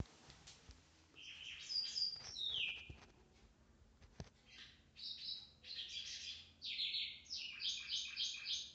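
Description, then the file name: White-browed wagtail giving high, sweet chirps and slurred notes in quick varied phrases, with soft background noise. "Motacilla maderaspatensis"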